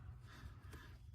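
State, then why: Not seated. An installer pushes a seat wiring harness connector into a splitter plug while fitting sport seats for a Model 3, Model Y or Model 3 Highland. Only a steady low hum and faint rustling are heard, with brief soft handling noise around 0.7 s and 1.1 s. The connector has not clicked or seated yet.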